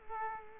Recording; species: mosquito wingbeat signal from an infrared sensor; Culex quinquefasciatus